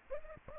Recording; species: mosquito wingbeat signal from an infrared sensor; Culex pipiens